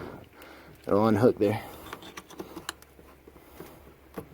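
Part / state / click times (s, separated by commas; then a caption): wiring harness connector on a mass airflow sensor / released / 2.7 s. Someone talks, then presses down on the locking tab of the plastic wiring harness connector on the mass airflow sensor of a 2007–2013 Silverado 2500HD. A sharp click at 2.7 s marks the tab releasing amid quieter handling ticks, and the connector is then pulled away to unhook it from the sensor.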